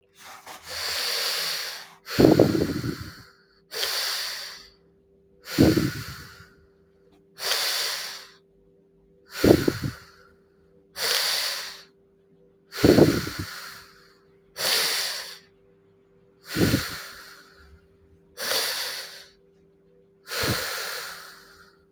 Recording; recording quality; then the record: deep breathing; excellent, no background noise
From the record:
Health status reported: COVID-19 positive, mild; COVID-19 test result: positive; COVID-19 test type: RT-PCR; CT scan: not taken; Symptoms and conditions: cough, sore throat, fatigue, muscle pain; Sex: male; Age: 25 years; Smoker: no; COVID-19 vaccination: both doses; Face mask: not worn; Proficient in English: yes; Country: India